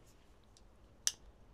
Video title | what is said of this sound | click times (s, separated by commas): Comment fiabiliser l’électricité d’une Ducati #youngtimer ⚡ avec un régulateur MOSFET | in like that and you hear a click. And there | 1.1 s